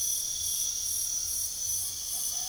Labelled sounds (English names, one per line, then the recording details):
none
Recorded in pastures near Puerto Asís, Putumayo, Colombia, on 9 March 2025 at 03:00
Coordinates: 0.497, -76.327
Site G072